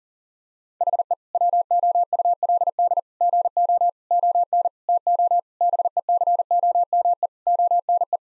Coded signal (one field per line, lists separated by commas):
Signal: Morse code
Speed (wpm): 40 wpm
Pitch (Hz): 700 Hz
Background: none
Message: HE WOULD GO ON TO BECOME ONE